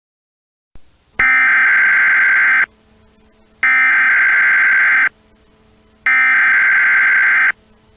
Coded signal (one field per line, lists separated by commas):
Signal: Emergency Alert System (SAME) tones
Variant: header bursts